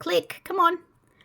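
Someone talks while pressing the second plastic arm of a building-brick minifigure into the torso socket, struggling with it. Faint small sounds follow near the end, but nothing has seated or clicked yet.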